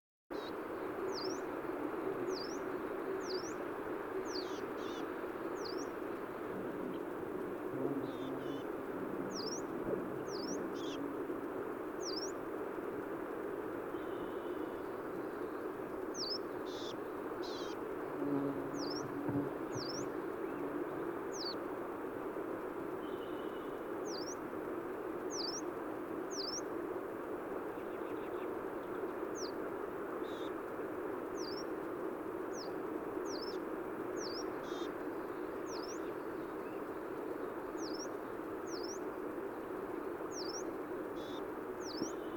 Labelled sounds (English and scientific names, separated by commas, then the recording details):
Yellow-browed Warbler (Phylloscopus inornatus) call
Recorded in the wild
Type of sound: call
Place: Dzhalmyn, MN
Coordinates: 48.166, 107.736
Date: 1979-06-11
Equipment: Nagra III BH, Sennheiser MD 21, parabola
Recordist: Schubert, Michael
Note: Langruf und Kreischen Gelbbrauenlaubsänger